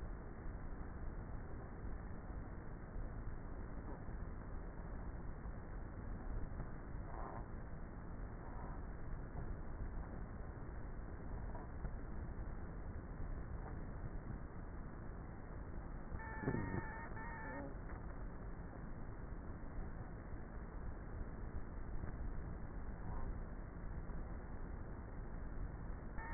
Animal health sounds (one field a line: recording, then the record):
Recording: honeybee colony, microphone inside the hive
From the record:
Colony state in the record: queenless with a low population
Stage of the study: before two queens were removed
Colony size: about 30,000 bees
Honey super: no